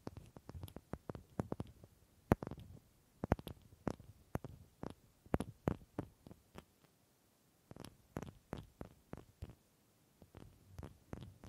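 Wooden tapping and knocking, a stream of short, crisp hits that come in quick irregular bursts with a dull thump under each. One sharp, louder knock lands near two seconds, and brief pauses fall around seven and ten seconds before the tapping resumes.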